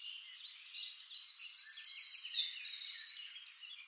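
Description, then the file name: Eurasian wren song: a fast, bright trill of repeated notes that drops to a second, lower trill. "Troglodytes troglodytes"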